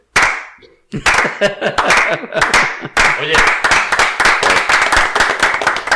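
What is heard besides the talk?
group clapping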